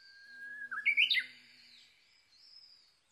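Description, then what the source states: Japanese bush warbler gives a held whistled note that breaks into a loud, jerky ascending flourish, followed by fainter high twittering from another bird and a low hum. Recorded 22 May 2011 at 05:58.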